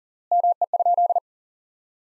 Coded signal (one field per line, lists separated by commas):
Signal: Morse code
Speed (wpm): 40 wpm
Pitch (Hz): 700 Hz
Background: none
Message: ME?